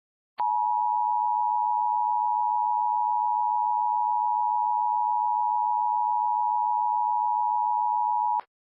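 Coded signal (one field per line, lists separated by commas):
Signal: Emergency Alert System (SAME) tones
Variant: 853 and 960 Hz attention tone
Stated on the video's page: Mock EAS alert, not a real one, made with Blurr glitch effects.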